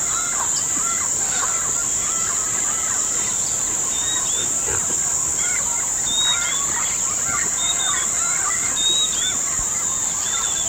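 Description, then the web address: Bird calls, a series of short arched notes in quick clusters, joined by brief high whistled notes repeated at intervals, over constant high-pitched hiss. "BIRD 2015 SABIOD bird 2015"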